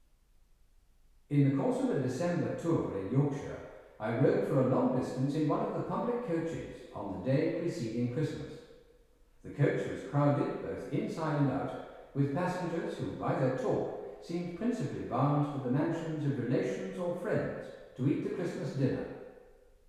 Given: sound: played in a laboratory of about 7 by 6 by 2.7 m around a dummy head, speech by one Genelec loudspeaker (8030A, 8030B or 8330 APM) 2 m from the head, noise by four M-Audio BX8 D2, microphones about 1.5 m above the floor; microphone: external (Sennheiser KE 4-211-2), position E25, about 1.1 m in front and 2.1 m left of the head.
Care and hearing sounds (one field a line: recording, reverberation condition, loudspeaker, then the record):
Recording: male speech in English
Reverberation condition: high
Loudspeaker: 90 degrees to the left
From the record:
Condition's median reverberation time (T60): about 1300 ms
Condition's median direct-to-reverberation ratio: about -4.0 dB